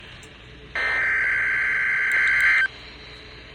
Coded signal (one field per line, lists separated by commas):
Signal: Emergency Alert System (SAME) tones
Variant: header bursts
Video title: Severe Thunderstorm Watch 401 || EAS 282